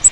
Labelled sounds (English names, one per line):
Grace's Warbler flight call